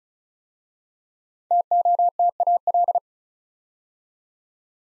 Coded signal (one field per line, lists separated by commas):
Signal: Morse code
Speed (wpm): 36 wpm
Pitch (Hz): 700 Hz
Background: none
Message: TOTAL